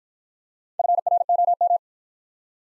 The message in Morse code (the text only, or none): FROM